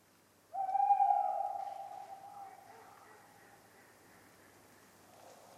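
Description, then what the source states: Tawny owl hoot: one long, steady, hollow note that starts loud and trails off slowly over several seconds in a quiet night background. Tawny owl calling persistently on a cold autumn night, 11 November 1995, Ménigoute, France.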